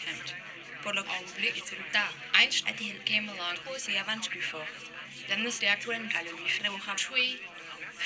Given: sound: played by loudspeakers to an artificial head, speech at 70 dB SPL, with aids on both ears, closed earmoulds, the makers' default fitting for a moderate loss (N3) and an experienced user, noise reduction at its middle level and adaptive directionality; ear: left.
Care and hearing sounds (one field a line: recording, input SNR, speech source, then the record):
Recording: speech test signal (ISTS) in cocktail-party noise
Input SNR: +6 dB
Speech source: in front (0 degrees)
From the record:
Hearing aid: class 2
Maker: G